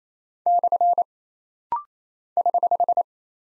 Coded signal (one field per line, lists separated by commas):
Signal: Morse code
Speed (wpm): 27 wpm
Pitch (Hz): 700 Hz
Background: none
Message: / <HH>